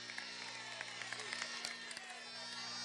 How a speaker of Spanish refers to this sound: Mira, mira, esta compañera del equipo de trabajo. Un aplauso para esta mujer, mire.